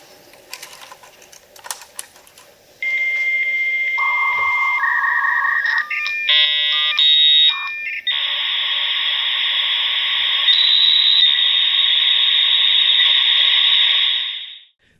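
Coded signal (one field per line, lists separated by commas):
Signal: dial-up modem handshake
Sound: room noise, then answer tone, warbling tone exchanges, then loud steady data hiss until cutoff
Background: room noise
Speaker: and the zoom modem ornament is now up on the tree let's take a look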